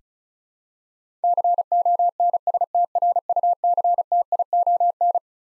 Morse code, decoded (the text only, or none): CONSTRUCTION